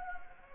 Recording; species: mosquito wingbeat signal from an infrared sensor; Anopheles gambiae